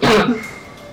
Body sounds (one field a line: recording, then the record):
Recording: coughing mixed with background sound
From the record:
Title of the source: Barking cough - # 10